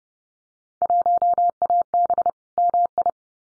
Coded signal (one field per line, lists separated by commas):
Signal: Morse code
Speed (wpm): 30 wpm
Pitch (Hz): 700 Hz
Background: none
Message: 1AB MI